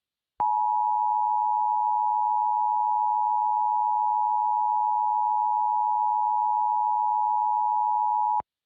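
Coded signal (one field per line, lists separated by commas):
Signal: Emergency Alert System (SAME) tones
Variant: 853 and 960 Hz attention tone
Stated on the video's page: Fictional EAS scenario.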